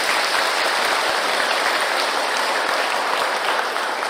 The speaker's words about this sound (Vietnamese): Rồi chúng ta cho một tràng pháo tay lớn cho bạn.